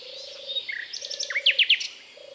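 Common nightingale song phrase: buzzy notes and three loud sharp downswept notes in quick succession, with a low drawn-out pulsed tone recurring underneath.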